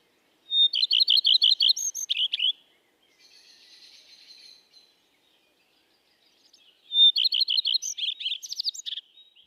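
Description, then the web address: Common redstart song, two phrases several seconds apart, each a sharp whistle into a fast string of repeated notes ending in varied twitters, with faint buzzy notes between. "bioakusztika bioakusztika kertirozsdafarku"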